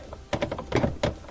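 A plastic panel is pushed by hand into the cabinet of an LG refrigerator during a repair for leaking at the bottom. Several sharp knocks and rattles are heard as it is handled, the loudest at about 0.3, 0.4, 0.8 and 1.0 seconds. Nothing has seated or clicked into place yet.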